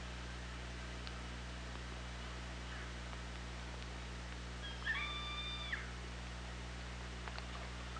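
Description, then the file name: Killer whale call with stacked harmonic tones that bend and break over about one second, a few faint clicks, and a steady low background hum throughout. Hydrophone at OrcaLab, 24 August 2017. "Orca Lab 20170824"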